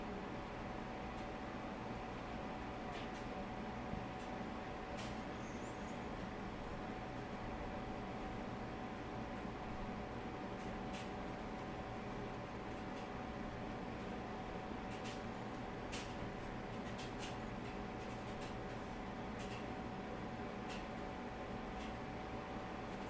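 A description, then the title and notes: Room ambience with a laundry machine running: a steady, dense low rumble with a constant mid-pitched hum that never lets up. Sharp little clicks and clacks break through every few seconds, clustering more thickly after the midpoint, all at an even level. ASMR Room Ambiance at Kyle's House. Complete with sounds of laundry, clicking, clacking and relaxation.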